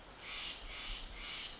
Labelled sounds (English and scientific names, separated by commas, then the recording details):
Steller's Jay (Cyanocitta stelleri)
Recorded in Sonoma County, California